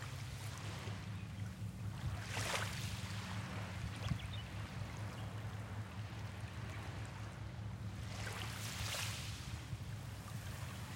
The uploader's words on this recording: 愛媛県今治市大角海岸の波の音 beach sound at Osumi Kaigan, Imabari, Ehime, Japan. しまなみ海道の橋が見える場所.